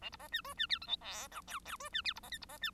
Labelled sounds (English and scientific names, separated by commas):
Bengalese Finch (Lonchura striata domestica) song